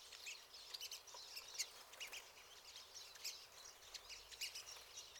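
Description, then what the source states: Pine siskins give rapid high twittering calls in overlapping bursts throughout. Several pine siskins.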